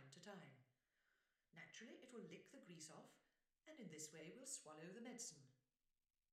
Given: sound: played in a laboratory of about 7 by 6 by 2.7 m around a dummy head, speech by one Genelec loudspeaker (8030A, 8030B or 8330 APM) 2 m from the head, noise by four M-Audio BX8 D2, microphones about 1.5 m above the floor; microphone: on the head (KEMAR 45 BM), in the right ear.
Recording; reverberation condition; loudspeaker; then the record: female speech in English; medium; 90 degrees to the right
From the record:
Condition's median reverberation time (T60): about 510 ms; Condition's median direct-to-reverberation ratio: about -0.5 dB